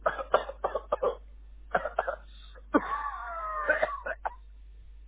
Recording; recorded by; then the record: voluntary cough; telephone call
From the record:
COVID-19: negative